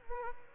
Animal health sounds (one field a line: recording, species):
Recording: mosquito wingbeat signal from an infrared sensor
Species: Aedes albopictus